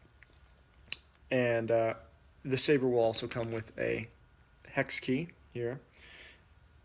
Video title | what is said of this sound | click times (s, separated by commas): "The Origin" Custom RGB NeoPixel Lightsaber | way this guy goes in there's no indexing needed it just pops right in and | 0.9 s